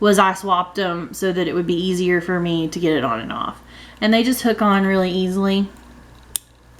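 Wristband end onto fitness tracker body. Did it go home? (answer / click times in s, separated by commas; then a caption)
yes / 6.4 s. Someone talks while a swapped wristband end is hooked back onto the small body of a Fitbit Alta fitness tracker. A sharp little snap at 6.4 s shows the band has clicked into place and is secure.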